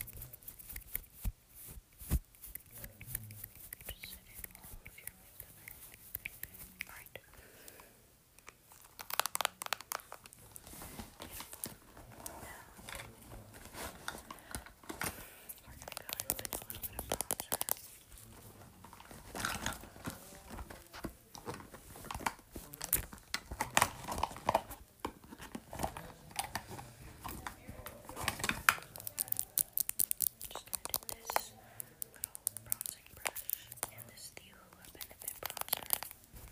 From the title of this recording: asmr doing your makeup